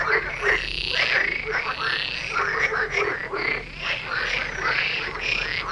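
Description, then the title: Frog chorus, dense and continuous, many overlapping croaking calls merging into a steady wall of sound with no pauses. Frog concert near Vellerner Brook in Neubeckum at 2pm, recorded in binaural format for headphones. "Frog concert near Vellerner Brook in Neubeckum - 2pm - binaural version"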